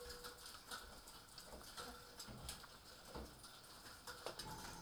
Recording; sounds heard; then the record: poultry house recording; healthy chickens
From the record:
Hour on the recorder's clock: 18